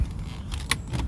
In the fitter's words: just snaps in place